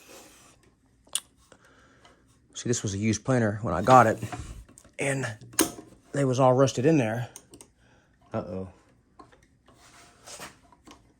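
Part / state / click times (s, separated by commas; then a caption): knife locking plate screw in the planer cutterhead / stripped / 9.2 s. Someone talks while loosening a rusted screw on the knife locking plate in the cutterhead of a used Delta planer. A sharp metallic snap at 9.2 s marks the driver slipping and stripping the screw head, followed by faint scraping. The screw is stripped.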